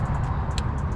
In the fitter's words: boom you guys heard it click